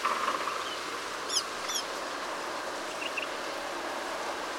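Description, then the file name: Bluethroat calls: two brief, high notes, then a few faint short chirps over a steady background hiss. Eilat, Israel, 24 February 2019. "190224 bthroat-svecica isr eilat ibrc"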